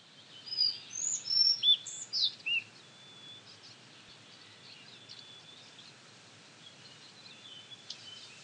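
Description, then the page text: Collared flycatcher singing one brief phrase of high squeaky whistles and slurred notes near the start, followed by fainter scattered notes over background hiss. "Jelmer Poelstra - Мухоловка-белошейка (Ficedula albicollis)"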